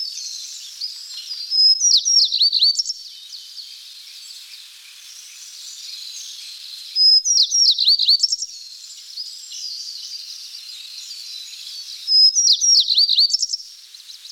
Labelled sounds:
Tristram's Bunting song
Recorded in the wild
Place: Khekhsir Schutzgebiet, Khekhtsirskiy Gosudarstvennyi Prirodnyi Zakaznik, RU
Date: 1994-05-26
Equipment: Dat-Recorder Casio DA 7, Telinga DAT, Telinga-Parabolspiegel
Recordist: Schwarz, Dieter
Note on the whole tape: Song

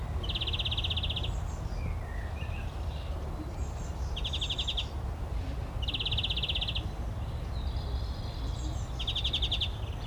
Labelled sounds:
European Greenfinch song
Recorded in the wild
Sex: male
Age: adult
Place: Summt, Grundstück, Brandenburg, DE
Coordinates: 52.6931, 13.3619
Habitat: garden
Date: 1975-05-04 14:00
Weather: 13°C
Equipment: Uher CR 210, Sennheiser MD 421, Verstärker, Kopie Uher 4200
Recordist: Tembrock, Günter

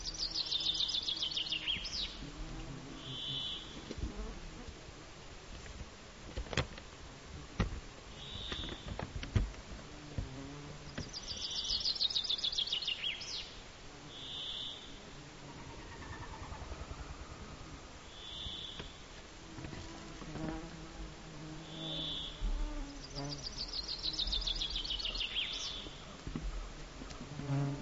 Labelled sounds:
Common Chaffinch song
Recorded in the wild
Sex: male
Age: adult
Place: Halbinsel Kindo, Karelien, RU
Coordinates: 66.5469, 33.13
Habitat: taiga
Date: 1995-06-23 22:04
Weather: fair, no wind, 20°C
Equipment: Sony TCD-D3, Sennheiser MKH 70, Windkorb
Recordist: Frommolt, Karl-Heinz

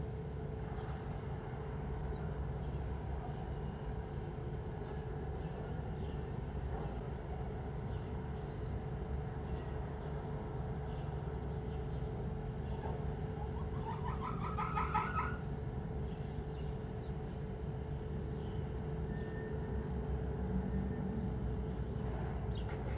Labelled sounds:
Corsac Fox barking
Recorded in captivity
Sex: male
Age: adult
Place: Zoologisches Institut der HUB, Berlin, DE
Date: 1966-04-30 11:45
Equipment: Qualiton, GDM 121, Transistorverstärker
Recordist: Tembrock, Günter

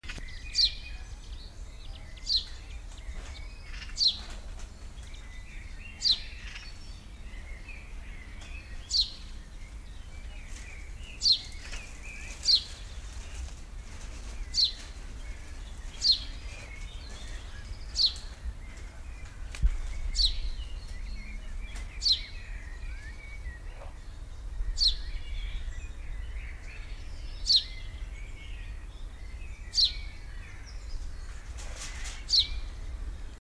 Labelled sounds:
House Sparrow song
Common Blackbird
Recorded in the wild
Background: Turdus merula
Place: Lübars, Benekendorffstraße, Berlin, DE
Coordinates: 52.6167, 13.3469
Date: 1999-06-06 11:29
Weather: overcast, 15°C
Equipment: Sony WM-D6C, Sennheiser ME 80, Kopie Uher 4000 Report Monitor
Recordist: Tembrock, Günter
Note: Kurzlaute

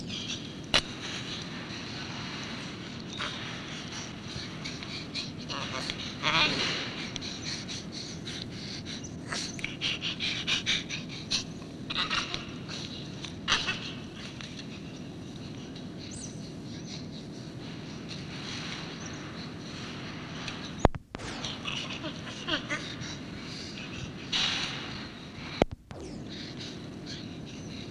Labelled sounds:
Chimpanzee
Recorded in captivity
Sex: female
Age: adult
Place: Tierpark Berlin, Berlin, DE
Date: 1965-10-21
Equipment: Englisches Reportergerät, Kopie Qualiton
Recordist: Altmann, Dagmar

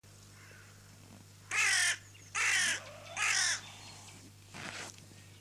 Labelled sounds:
Hooded Crow call
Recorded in the wild
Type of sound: call
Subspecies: cornix
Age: adult
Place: Lübars (Fließtal), Berlin, DE
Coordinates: 52.6167, 13.35
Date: 2006-05-01 13:45
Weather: sunny, 16°C
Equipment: Grundig CR 110, Sennheiser ME 80, Kopie Uher 4000 Report Monitor
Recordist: Tembrock, Günter
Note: An der Schule: Nebelkrähe (C.c.cornix) beim Fressen: drei Rufe

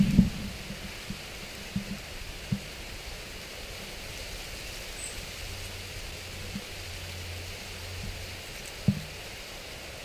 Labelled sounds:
Iberian Chiffchaff
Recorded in the wild
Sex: diverse
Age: diverse
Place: Ramales de la Victoria, Nordspanien, Kantabrien, ES
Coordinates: 43.2333, -3.43333
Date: 1964-06-08 18:00
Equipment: Nagra III PH, Parabolspiegelmikrophon, LGS26
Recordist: Stumbrat
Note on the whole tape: Phylloscopus collybita brehmii (alte Bezeichnung, inzwischen eigene Art). Lockrufe bzw. Warnrufe. Evtl. auch Standortlaute flügger Jungtiere. Auch Aufnahmen vom 9. Juni um 19 Uhr 30: Gesänge. MaAs: M.Sch

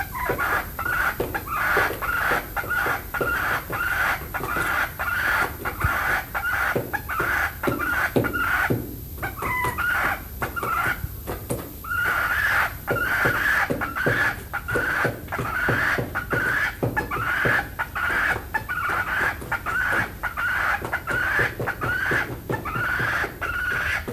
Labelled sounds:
Grey Peacock-Pheasant call
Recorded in captivity
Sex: male
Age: adult
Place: Zoo Berlin, Berlin, DE
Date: 2005-08-10 14:30
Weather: bedeckt, 16°C
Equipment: Sony WM-D6C, Sennheiser ME 80, Kopie Uher 4000 Report Monitor
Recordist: Tembrock, Günter
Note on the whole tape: Als P.polycalcaratum bezeichnet: Männchen: Lange Rufreihe

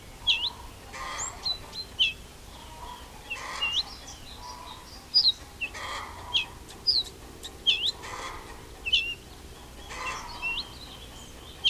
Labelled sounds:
Ortolan Bunting
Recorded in the wild
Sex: male
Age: adult
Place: Schloß Holte-Stukenbrock, Senne, Nordrhein-Westfalen, DE
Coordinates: 51.87, 8.66556
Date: 1967-04-30
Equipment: Uher 4000 Report-S, Bändchenmikro Beyer M 260, Parabolspiegel Polyester (470 mm)
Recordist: Conrads, Klaus

